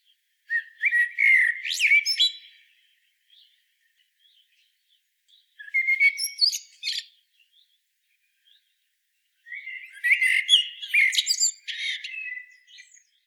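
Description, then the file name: Common blackbird song: three separate phrases, each opening with low mellow fluted whistles and ending in high, squeaky twittering, with silent pauses of a few seconds between. "Turdus merula"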